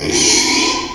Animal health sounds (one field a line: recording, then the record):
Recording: squeal of a Yucatan mini pig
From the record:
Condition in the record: after surgery on the right vocal fold (resection and tissue-engineered implant)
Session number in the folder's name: 2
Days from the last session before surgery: 13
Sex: male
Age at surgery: 12 weeks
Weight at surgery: 13 kg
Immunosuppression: cyclosporine, prednisolone